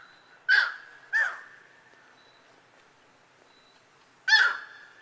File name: Canto do savacu de coroa